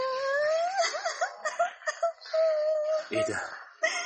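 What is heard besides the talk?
young girl crying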